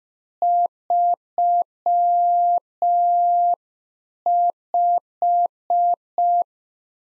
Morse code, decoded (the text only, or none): 35